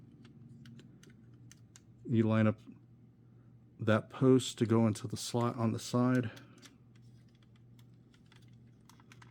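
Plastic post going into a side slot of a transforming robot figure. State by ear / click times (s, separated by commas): not seated / none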